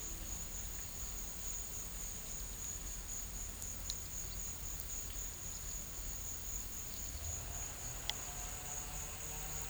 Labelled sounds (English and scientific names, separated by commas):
none